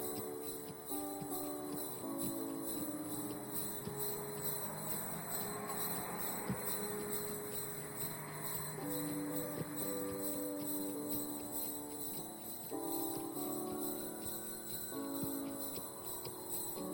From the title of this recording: A Carriage Ride, A snowy Afternoon, Holiday Season In The City